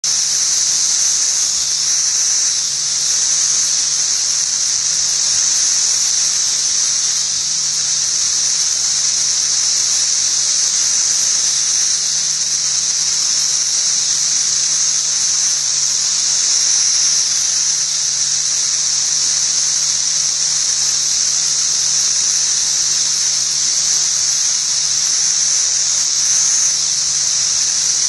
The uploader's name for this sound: 17yr cicada - mating